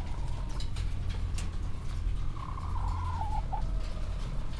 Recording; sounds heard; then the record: poultry house recording; healthy chickens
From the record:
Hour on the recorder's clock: 15